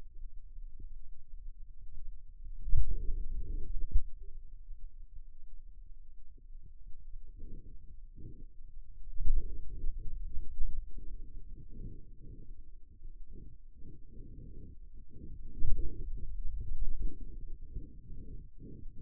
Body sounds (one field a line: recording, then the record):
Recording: forearm muscle sounds (acoustic myography)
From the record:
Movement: finger pinch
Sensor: system 2, bracelet of six BSWA MPA416 microphones around the upper forearm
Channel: 6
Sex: male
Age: 22 years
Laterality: right